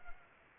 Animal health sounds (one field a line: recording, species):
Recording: mosquito wingbeat signal from an infrared sensor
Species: Culex pipiens